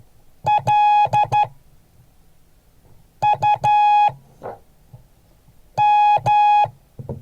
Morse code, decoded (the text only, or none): LUM